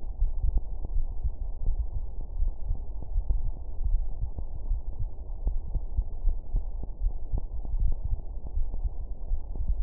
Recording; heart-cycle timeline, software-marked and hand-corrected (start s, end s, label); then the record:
heart sounds
0.00	0.20	diastole
0.20	0.32	S1
0.32	0.42	systole
0.42	0.54	S2
0.54	0.92	diastole
0.92	1.06	S1
1.06	1.22	systole
1.22	1.32	S2
1.32	1.66	diastole
1.66	1.78	S1
1.78	1.94	systole
1.94	2.02	S2
2.02	2.38	diastole
2.38	2.52	S1
2.52	2.68	systole
2.68	2.78	S2
2.78	3.14	diastole
3.14	3.26	S1
3.26	3.42	systole
3.42	3.52	S2
3.52	3.86	diastole
3.86	4.04	S1
4.04	4.22	systole
4.22	4.32	S2
4.32	4.68	diastole
4.68	4.80	S1
4.80	4.98	systole
4.98	5.08	S2
5.08	5.44	diastole
5.44	5.56	S1
5.56	5.72	systole
5.72	5.84	S2
5.84	6.24	diastole
6.24	6.38	S1
6.38	6.54	systole
6.54	6.64	S2
6.64	7.02	diastole
7.02	7.14	S1
7.14	7.30	systole
7.30	7.40	S2
7.40	7.78	diastole
7.78	7.94	S1
7.94	8.10	systole
8.10	8.22	S2
8.22	8.56	diastole
8.56	8.68	S1
8.68	8.82	systole
8.82	8.92	S2
8.92	9.32	diastole
9.32	9.44	S1
9.44	9.66	systole
9.66	9.78	S2
9.78	9.83	diastole
From the record:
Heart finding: coronary artery disease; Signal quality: good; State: rest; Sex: female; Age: 75 years